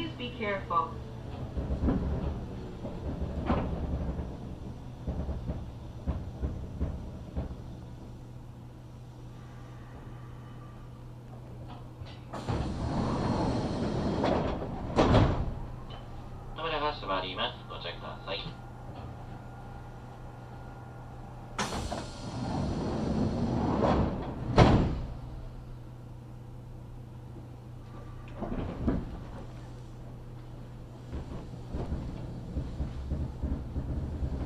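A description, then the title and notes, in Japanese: An express train on the Kintetsu Osaka Line, with a steady low motor hum running under the whole ride. Bursts of rattling and clattering come around 12–15 and 22–25 seconds, with brief squeals and speech-like sounds in between. 近鉄大阪線 急行 名張→大和朝倉。平日のお昼時、そろそろ学生の乗り降りが始まりそうな時間帯です。名張から桜井までは各駅停車になるのでこまめに停車していきます。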